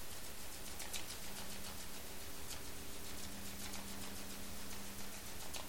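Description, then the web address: Sperm whale clicking, quick trains of faint ticks, some stronger clicks, beneath a constant low humming background. Recorded by ONC hydrophone NAXYS HYD 052 in the Strait of Georgia, 27 March 2018, around 19:17 UTC. "data raw sperm Whale Clicks sog-onc 20180327"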